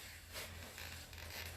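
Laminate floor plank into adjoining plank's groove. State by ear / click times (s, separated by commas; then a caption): not seated / none. A TrafficMaster Gladstone Oak laminate floor plank is being lined up so its tongue sits close to the groove of the adjoining plank before it is laid down and locked. Steady rustling and scraping of handling can be heard, with a slightly louder scuff near 1.1 seconds. Nothing has clicked or seated yet.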